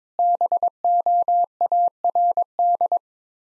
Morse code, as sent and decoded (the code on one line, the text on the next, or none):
-... --- .- .-. -..
BOARD